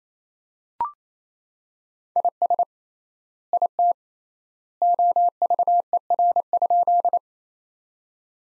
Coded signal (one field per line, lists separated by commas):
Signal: Morse code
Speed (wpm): 28 wpm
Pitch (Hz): 700 Hz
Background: none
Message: IS IT OVER?